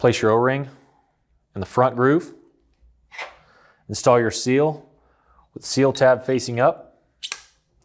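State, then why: Seated. A pump shaft seal, with its O-ring in the front groove and its tab facing up, is pushed onto a Waukesha Universal 1 positive displacement pump shaft. Someone talks through the steps. A sharp click at 7.3 seconds marks the seal seating onto the shaft pin.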